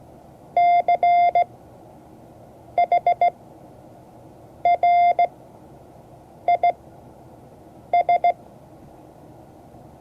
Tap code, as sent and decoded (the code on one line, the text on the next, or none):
none